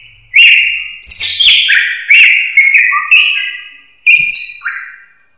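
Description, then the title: Drongo song of loud, harsh, ringing notes in bursts, some sliding downward, with short pauses between phrases. "Suara Srigunting. Hobiburung"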